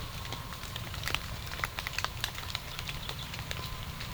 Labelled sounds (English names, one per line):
none